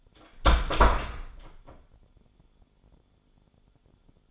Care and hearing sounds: daily activity, microphone in the room; close door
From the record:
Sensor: 5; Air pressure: 1015.3 hPa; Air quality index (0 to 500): 204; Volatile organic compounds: 10 ppm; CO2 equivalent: 2216 ppm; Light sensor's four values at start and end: 35/80/32/31 and 34/78/31/29

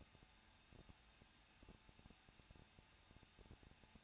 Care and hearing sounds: daily activity, microphone in the room; no activity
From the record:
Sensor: 2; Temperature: 21.0 degrees Celsius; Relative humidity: 37.5%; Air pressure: 1006.3 hPa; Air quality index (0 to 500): 223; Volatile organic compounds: 25 ppm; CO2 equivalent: 2828 ppm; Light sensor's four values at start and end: 2/3/2/2 and 2/3/2/2

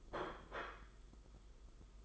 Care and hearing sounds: daily activity, microphone in the room; place plate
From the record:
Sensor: 5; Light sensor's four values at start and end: 38/121/46/49 and 38/121/46/49

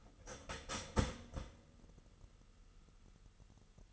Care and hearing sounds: daily activity, microphone in the room; start toaster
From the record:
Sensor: 4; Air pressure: 989.4 hPa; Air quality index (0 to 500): 217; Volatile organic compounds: 69 ppm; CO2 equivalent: 3513 ppm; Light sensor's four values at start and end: 24/84/31/32 and 24/84/31/33

